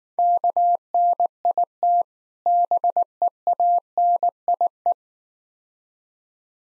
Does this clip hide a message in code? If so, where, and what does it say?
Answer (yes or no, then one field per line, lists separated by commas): yes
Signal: Morse code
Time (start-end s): 0.2-4.9 s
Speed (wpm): 19 wpm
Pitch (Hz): 700 Hz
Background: none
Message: KNIT BEANIE